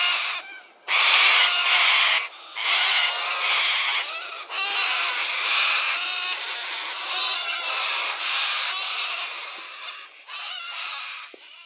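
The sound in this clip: Corellas giving a chorus of harsh, grating screeches, overlapping and almost unbroken with a few brief gaps, loudest near the start.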